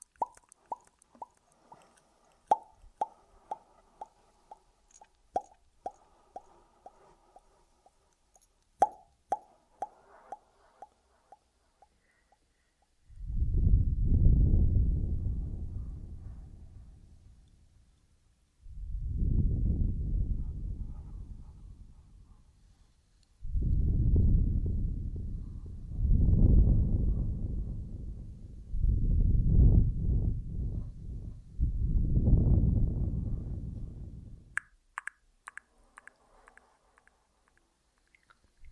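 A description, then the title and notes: ASMR triggers: the first dozen seconds are sparse, sharp taps and clicks with a faint ringing tone under them. From about 13 seconds come five long, deep rubbing swells, each several seconds, before crisp clicks return near the end. ASMR Echoed Triggers. Ear Massage.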